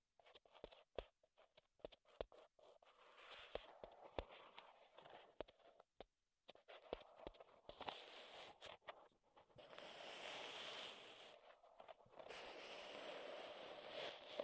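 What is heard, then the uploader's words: Sharp wooden taps and clicks arrive irregularly, then give way after ten seconds to a denser, steady scraping and rubbing with scattered knocks. ASMR Wood Triggers in Your Ears (No Talking).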